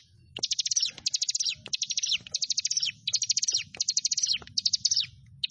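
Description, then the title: Prinia delivering quick runs of high, rattling notes in short bursts, one after another with little pause, over a faint low rumble. "Ciblek Sawah"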